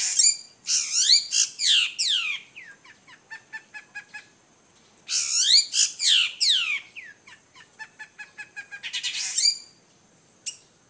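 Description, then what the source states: Long-tailed shrike song: loud harsh downslurred bursts alternating with runs of rapid thin ticking and chattering notes, in two main phrases. Combination song (kicau kombinasi).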